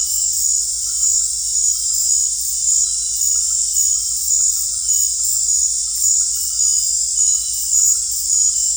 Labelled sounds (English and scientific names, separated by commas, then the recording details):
none
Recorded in secondary vegetation near Puerto Asís, Putumayo, Colombia, on 20 December 2024 at 19:00
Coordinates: 0.481, -76.318
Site G042